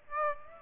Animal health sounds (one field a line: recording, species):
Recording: mosquito wingbeat signal from an infrared sensor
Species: Aedes aegypti